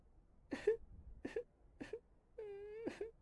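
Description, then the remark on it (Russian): Eerie wailing, crying and muttering of a delirious person in dead silence: three short, choked sobbing bursts followed by a long, steady, moaning wail that ends in another sob, with no other voices. “В мертвой тишине я услышал плач и бормотание.”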